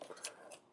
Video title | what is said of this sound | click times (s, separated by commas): Generation Toy CRANE (Hook): EmGo's Transformers Reviews N' Stuff | and you just pull out the barrel. It'll snap into place, | 0.2 s